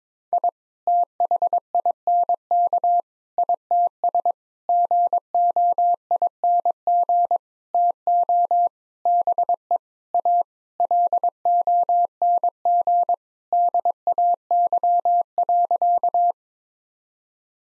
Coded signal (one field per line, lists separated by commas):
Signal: Morse code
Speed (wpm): 22 wpm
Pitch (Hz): 700 Hz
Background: none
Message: I THINK ITS GOING TO BE A LONG DAY.